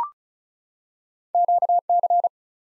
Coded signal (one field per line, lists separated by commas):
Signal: Morse code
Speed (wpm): 34 wpm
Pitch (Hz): 700 Hz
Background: none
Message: QC